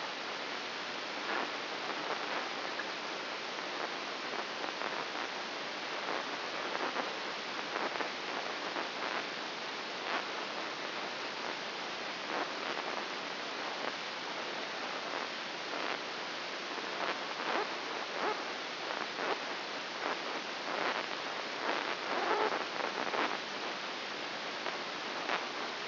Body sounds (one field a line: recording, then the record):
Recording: brain microelectrode recording played as sound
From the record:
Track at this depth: inside the subthalamic nucleus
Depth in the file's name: 3.402 mm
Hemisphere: right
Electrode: 2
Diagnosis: Parkinson's disease